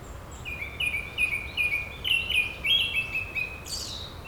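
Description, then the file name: Japanese thrush song, clear whistled phrases with short slurred notes repeated in quick succession, ending in a higher sharp note, over a faint steady background hiss. "kurotugumi"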